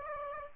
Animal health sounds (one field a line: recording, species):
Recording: mosquito wingbeat signal from an infrared sensor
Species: Aedes aegypti